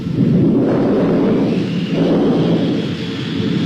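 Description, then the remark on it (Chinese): A deep, sustained rumble of thunder before a storm rolls steadily for several seconds, swelling and easing in broad low-pitched waves without a break, loud and unaccompanied by voices. “暴风雨要来了”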